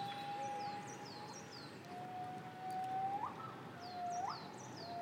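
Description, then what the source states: Pileated gibbon calls, long faint tonal notes that slide sharply upward at the end, repeated, with high swooping bird notes and steady background noise. A pair calling in the distance, recorded on an iPhone.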